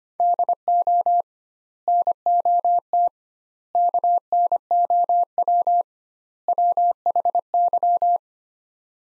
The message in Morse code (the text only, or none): DO NOT KNOW WHY